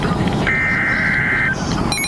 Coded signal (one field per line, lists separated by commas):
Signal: Emergency Alert System (SAME) tones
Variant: header bursts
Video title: Severe T-Storm Warning (EAS #919)